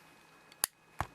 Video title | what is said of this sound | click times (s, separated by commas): Nitecore SRT9 "SmartRing" Tactical Flashlight. Cree XHP50. | one side is clicked and one side is not. | 0.6 s